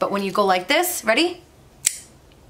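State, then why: Seated. A person talks, then flicks an assisted-opening folding knife fully open so its blade locks into the handle, giving a sharp, bright click at 1.9 s, followed by a faint tick at 2.3 s. The click confirms the blade lock has engaged and the knife is safe to use, unlike opening it only partway, where there is no click.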